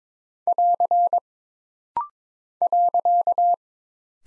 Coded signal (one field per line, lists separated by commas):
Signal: Morse code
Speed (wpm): 22 wpm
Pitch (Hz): 700 Hz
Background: none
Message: <AR> .